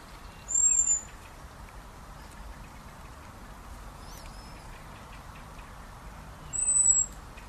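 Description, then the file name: Common blackbird giving two thin, very high whistles about six seconds apart, with faint bird notes in between. "Turdus merula"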